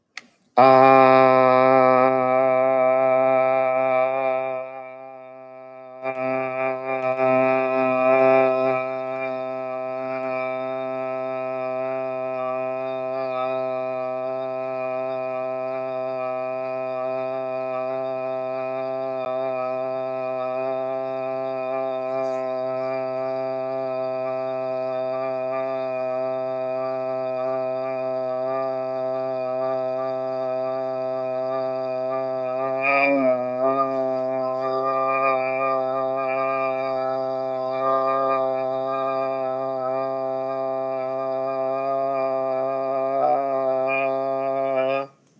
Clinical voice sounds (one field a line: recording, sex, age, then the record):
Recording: vowel held as long as possible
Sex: male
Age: 40 to 49 years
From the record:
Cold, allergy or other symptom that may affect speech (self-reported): no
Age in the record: 42 years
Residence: Pennsylvania, United States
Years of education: 22